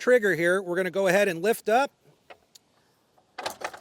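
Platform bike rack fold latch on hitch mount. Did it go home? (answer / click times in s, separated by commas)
yes / 3.4 s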